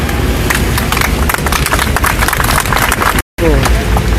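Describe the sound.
A crowd applauds loudly and steadily for Alex at a rally demanding justice at a roundabout in Cañuelas, with dense overlapping claps and mixed voices throughout, broken by a brief dropout near the end before the clapping resumes.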